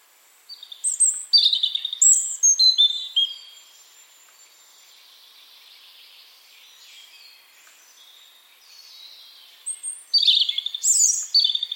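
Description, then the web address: European robin song with two bursts of high, liquid warbling and thin twittering notes separated by several seconds of near silence. "Deverinetal 2025 File origin Bird Only Er Ru"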